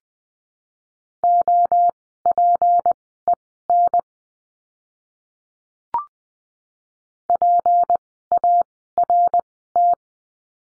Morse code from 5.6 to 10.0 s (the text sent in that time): PART